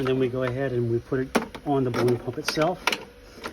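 A display monitor, whose two releases on the bottom pull its locking device away from the center, is handled and brought onto the mount of an intra-aortic balloon pump while someone talks. Nothing has seated or clicked yet; the monitor has not locked onto the pump mount by the end of the clip.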